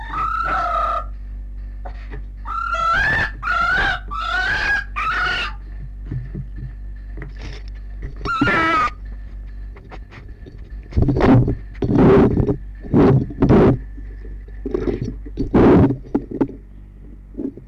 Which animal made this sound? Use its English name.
Red Fox